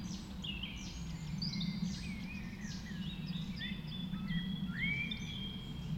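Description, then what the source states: Birds in dawn chorus, sweeping whistles, rising slurred notes and quick chirps overlapping throughout, above a steady low hum. Dawn chorus recorded just after dawn in the Forest of Dean.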